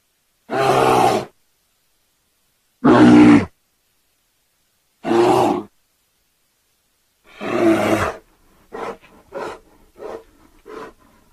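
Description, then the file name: Bear growling in four short, gruff bursts spaced a couple of seconds apart, followed by a run of quieter, clipped grunts. "NIEDZWIEDZ"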